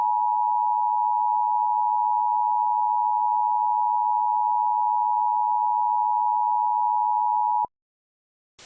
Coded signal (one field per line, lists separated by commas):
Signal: Emergency Alert System (SAME) tones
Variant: 853 and 960 Hz attention tone